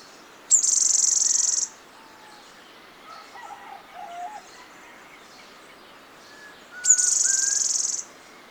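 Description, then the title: Black-crested warbler song, two high buzzy trills about six seconds apart, each roughly a second long, with faint notes between. "Myiothlypis Nigrocristata"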